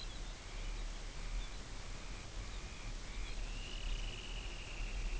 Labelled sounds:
Lapland Longspur
Dunlin

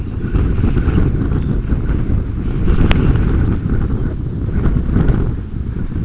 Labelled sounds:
Dunlin
unidentified sound

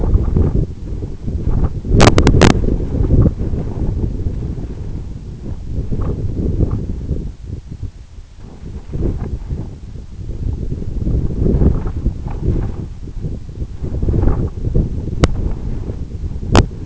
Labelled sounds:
none

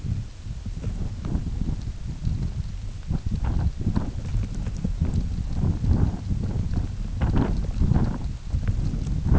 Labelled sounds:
none

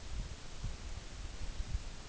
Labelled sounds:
none

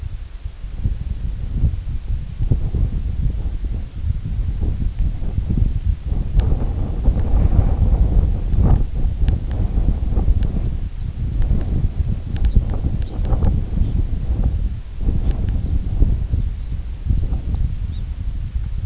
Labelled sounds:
Red Phalarope

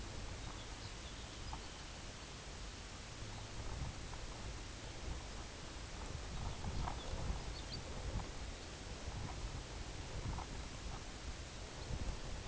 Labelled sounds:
Lapland Longspur
unidentified sound

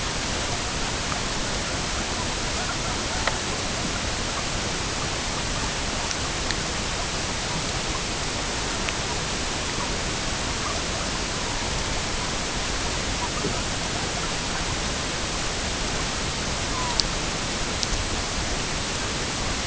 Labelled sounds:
unidentified sound
Red-throated Loon

